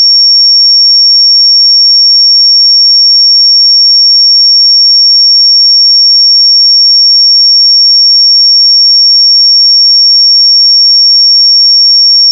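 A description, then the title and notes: A pure sine tone at 5512 Hz holds perfectly steady for the full twelve seconds, a thin, piercing high whistle with no wavering in pitch or loudness. Nothing else sounds beneath it, and it cuts off abruptly at the very end. 5512 Hz 1 Hz Interval Sine Pure Tone Frequency 441000 Sample Mono.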